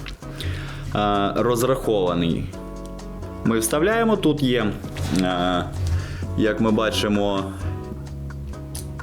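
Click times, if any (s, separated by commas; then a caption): 8.8 s. A plastic clip of a helmet suspension is pushed into the slot made for it in a Kevlar helmet shell while someone talks over background music. Several ticks are heard near the end as it goes in, the clearest at 8.8 seconds. The clip locks in place and does not fall out.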